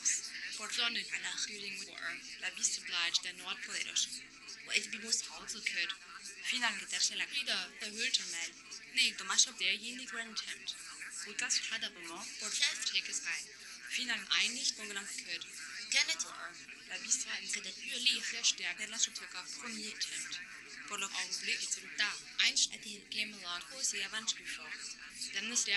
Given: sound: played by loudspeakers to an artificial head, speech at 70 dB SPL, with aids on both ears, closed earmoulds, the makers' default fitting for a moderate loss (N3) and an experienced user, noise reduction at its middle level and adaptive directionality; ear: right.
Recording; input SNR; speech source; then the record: speech test signal (ISTS) in cocktail-party noise; 0 dB; in front (0 degrees)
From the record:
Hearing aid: class 1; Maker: J